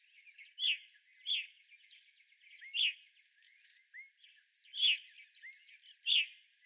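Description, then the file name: Evening grosbeak giving loud, ringing chirp calls, five notes at uneven gaps of about a second, with a few soft upslurred whistles between them. Several evening grosbeaks recorded on 25 April 2021. "2021-04-25 Evening Grosbeaks"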